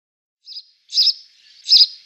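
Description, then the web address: House sparrow chirping: three bright, short chirps, the last two louder, spaced about half to three quarters of a second apart with nothing else heard. "Schulze Peter House Sparrow song"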